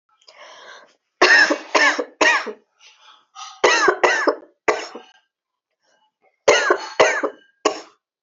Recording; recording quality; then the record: heavy voluntary cough; excellent, no background noise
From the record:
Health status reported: healthy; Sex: female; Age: 25 years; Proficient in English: yes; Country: India